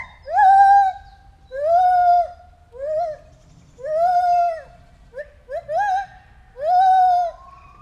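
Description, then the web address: White-handed gibbon calls: loud, clear hooting notes that rise then hold and fall, alternating with quick upswept whoops. Captive animal at a zoo in Debrecen, recorded 2019 during a first encounter. "allathangok debrecenizoo 2019. feherkezu gibbon elsotalalkozasunk"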